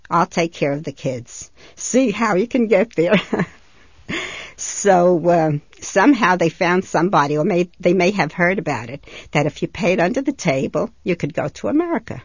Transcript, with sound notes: I'll take care of the kids. See how you can get there." ( she laughs ) So somehow they found somebody, or they may have heard about it, that if you paid under the table you could go to America.